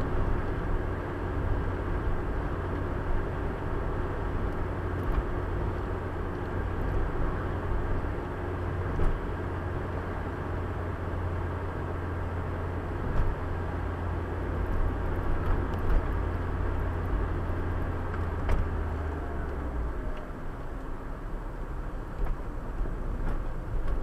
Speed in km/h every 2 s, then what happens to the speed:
85, 84, 85, 85, 85, 83, 81, 81, 81, 77, 59, 52.
0-17 steady at about 84. 17-24 brakes to 52.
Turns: none.